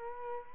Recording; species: mosquito wingbeat signal from an infrared sensor; Aedes albopictus